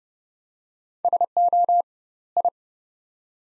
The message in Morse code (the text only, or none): SO I